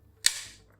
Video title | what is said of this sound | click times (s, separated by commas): Unboxing Preethi Zodiac 2.0 Mixer Grinder | டக்குன்னு ஒரு சத்தம் கேட்குது பார்த்தீங்களா. | 0.3 s